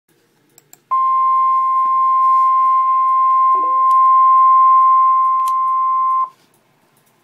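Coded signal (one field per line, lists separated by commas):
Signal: Emergency Alert System (SAME) tones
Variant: 1050 Hz attention tone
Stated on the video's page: Real Flash Flood Warning alert.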